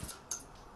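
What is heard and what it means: The spring catch on a spring-loaded metal restraint catcher arm is set by hand, hooking into its cocked, ready position. After a soft handling noise at the start, a single short, sharp metallic click sounds at 0.3 s as the catch hooks on and seats.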